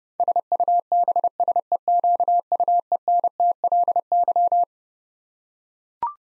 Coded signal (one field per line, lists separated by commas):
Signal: Morse code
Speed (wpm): 32 wpm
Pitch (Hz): 700 Hz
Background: none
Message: SUBSEQUENTLY